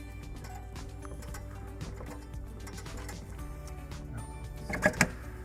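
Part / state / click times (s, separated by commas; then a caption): stair lift seat onto the carriage / seated / 5.0 s. An installer pulls out a pin and lowers the metal seat of an AmeriGlide Rave 2 stair lift onto its carriage over a steady low hum. Two smaller knocks at 4.7 s and 4.9 s lead into a sharp metallic hit at 5.0 s as the seat drops into its locked position.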